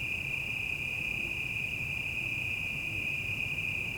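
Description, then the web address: Cicadas give a steady, unbroken high buzz that holds one pitch throughout, over a low rumble of traffic. Quieter city evening ambience at night with distant traffic. "Surround in The Night. Cicadas"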